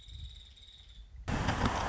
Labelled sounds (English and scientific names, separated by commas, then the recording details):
Nuttall's Woodpecker (Dryobates nuttallii)
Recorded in Sonoma County, California